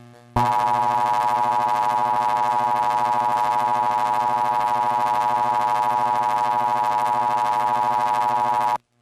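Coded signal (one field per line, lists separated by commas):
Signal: Emergency Alert System (SAME) tones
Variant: 853 and 960 Hz attention tone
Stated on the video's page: Mock EAS alert on a made-up vintage-style test screen for a fictional cable company.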